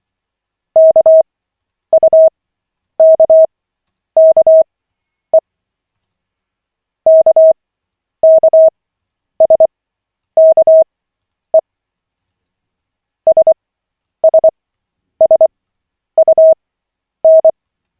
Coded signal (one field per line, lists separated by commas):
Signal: Morse code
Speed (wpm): 24 wpm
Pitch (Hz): 640 Hz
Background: none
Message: KUKKE KKSKE SSSUN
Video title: Koch 6/40, 27.12.2024, 1st CW practice session